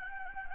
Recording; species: mosquito wingbeat signal from an infrared sensor; Anopheles gambiae